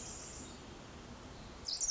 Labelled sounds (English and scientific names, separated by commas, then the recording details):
Pacific Wren (Troglodytes pacificus)
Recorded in Sonoma County, California